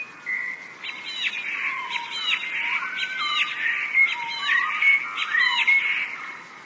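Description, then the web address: Eurasian blue tit singing: rapid high twittering phrases about once a second, mixed with lower sliding whistles. "wroblowe teka modraszkoteka"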